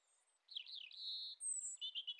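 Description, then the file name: European robin song phrase: a wavering, sliding whistle followed by a sustained thin note and a quick run of high trilled notes. "Erithacus rubecula"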